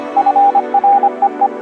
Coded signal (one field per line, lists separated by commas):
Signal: Morse code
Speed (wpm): 25 wpm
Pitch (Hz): 800 Hz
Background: music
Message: FREE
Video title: Old Vacuum Tubes & Radios-Pacificon 2018